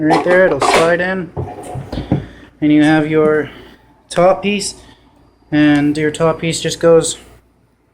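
Someone talks while setting a plastic top piece onto a stained glass grinder body, with brief handling knocks around 1.9 s and 2.1 s between the speech. The top piece has not clicked into place yet; nothing has seated by the end of the clip.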